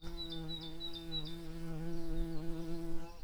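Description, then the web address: Garden bumblebee buzzing: a steady, low, droning hum with rich overtones, its pitch wavering slightly throughout. Worker bumblebees. "Hortorum workers"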